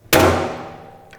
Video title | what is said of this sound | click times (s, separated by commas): Telescopic Stainless Steel Electric Drum Tilter (STE02-DRE01-SS-WET) | pull it all the way around until it clicks when it clicks the strap will be loose | 0.1 s